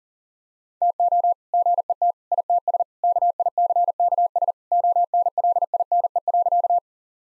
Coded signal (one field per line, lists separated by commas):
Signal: Morse code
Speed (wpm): 40 wpm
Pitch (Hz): 700 Hz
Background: none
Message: TO GET ITS KICKS ONLINE.